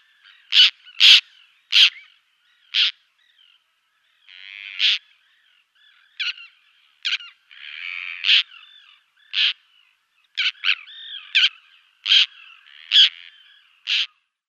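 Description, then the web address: Roseate tern giving harsh, rasping high calls, some short and clipped, others drawn out and grating, spaced irregularly with brief silent gaps between them. "Schulze Peter Roseate Tern"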